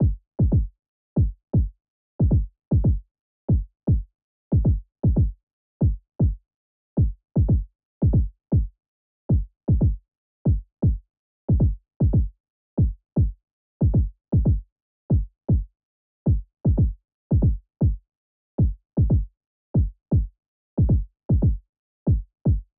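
Quick, low thudding heartbeats run steadily at 155 beats per minute, with silent gaps between them and no background noise. The rate is a fast heartbeat.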